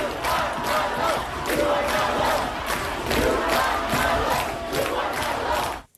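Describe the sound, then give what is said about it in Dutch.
Several hundred sympathisers chant loudly outside a University of Leiden building in The Hague, receiving about 50 demonstrators who had occupied part of it, in a steady, repeating rhythm, voices rising and falling in regular pulses over a constant roar, with no single speaker standing out, until it cuts off abruptly. “Ze werden buiten opgevangen door enkele honderden sympathisanten.”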